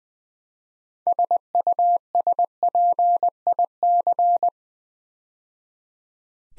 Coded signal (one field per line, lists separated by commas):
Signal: Morse code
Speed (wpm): 20 wpm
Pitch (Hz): 700 Hz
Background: none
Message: SUSPIC